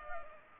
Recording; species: mosquito wingbeat signal from an infrared sensor; Culex pipiens